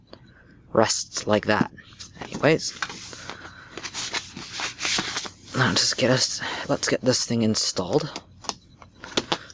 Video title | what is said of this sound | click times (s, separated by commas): Incipio Slim Kickstand Folio Case Unboxing and Review | so it just snaps right in nice and easy very quick | 9.2 s, 9.3 s